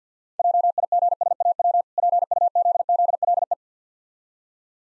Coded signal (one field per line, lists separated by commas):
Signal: Morse code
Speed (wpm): 50 wpm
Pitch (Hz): 700 Hz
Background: none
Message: JIGSAW PUZZLE